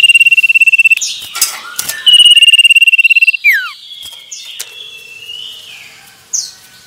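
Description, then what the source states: Common iora song: two sustained rapid trills on one high pitch, the second ending in a steep downward swoop, then quieter faint notes. Male.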